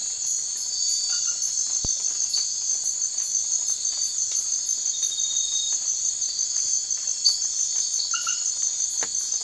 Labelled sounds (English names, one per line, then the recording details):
none
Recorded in secondary vegetation near Puerto Asís, Putumayo, Colombia, on 12 March 2025 at 03:00
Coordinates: 0.499, -76.323
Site G094